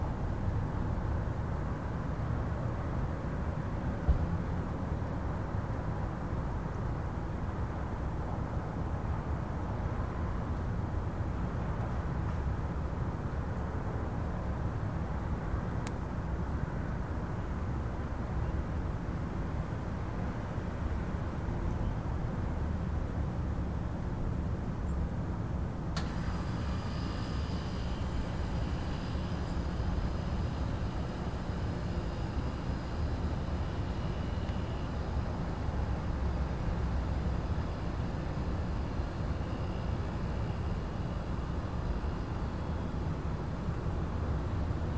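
Steady low rumble of traffic and engines outside an apartment, dense and unbroken, with a faint high whine joining around twenty-six seconds.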